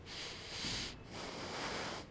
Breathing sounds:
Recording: one breath in and out by a microphone near the nose and mouth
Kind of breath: deep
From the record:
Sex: male

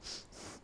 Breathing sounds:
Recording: one breath in and out by a microphone near the nose and mouth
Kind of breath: strong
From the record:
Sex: male

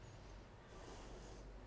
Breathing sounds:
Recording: one breath in and out by a microphone near the nose and mouth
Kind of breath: normal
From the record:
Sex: female

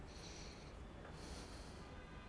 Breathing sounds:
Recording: one breath in and out by a microphone near the nose and mouth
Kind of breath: deep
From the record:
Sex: male

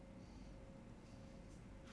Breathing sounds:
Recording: one breath in and out by a microphone near the nose and mouth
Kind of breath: normal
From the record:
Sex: male

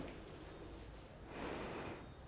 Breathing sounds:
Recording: one breath in and out by a microphone near the nose and mouth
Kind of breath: normal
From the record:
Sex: female

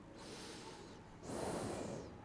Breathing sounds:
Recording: one breath in and out by a microphone near the nose and mouth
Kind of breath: normal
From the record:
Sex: male

